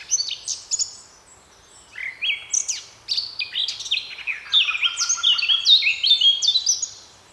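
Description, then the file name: Eurasian blackcap song: scratchy chattering notes opening into clear, fluty whistled phrases that rise and fall, building to a loud, rich warble throughout. "Sylvia atricapilla"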